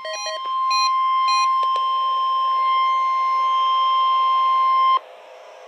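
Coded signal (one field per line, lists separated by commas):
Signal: Emergency Alert System (SAME) tones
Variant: 1050 Hz attention tone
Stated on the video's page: NOAA Weather Radio required weekly test received on several weather radios, including a Midland WR-301.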